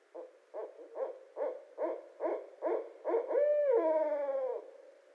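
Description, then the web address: Barred owl hooting, a steady run of several low, even hoots, then a long, drawn-out final hoot that slurs downward. Recorded 24 February 2012. "Barred Owl 2012 02 24 Barred Owl"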